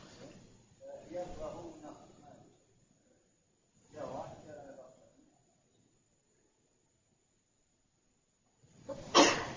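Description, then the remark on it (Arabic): Two muffled, breathy bursts are followed after a quiet gap by a sudden, louder sneeze, sharp and explosive, at the very end. “يعني هذا الكربون هو اشترى يرحمك الله،”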